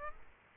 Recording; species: mosquito wingbeat signal from an infrared sensor; Aedes aegypti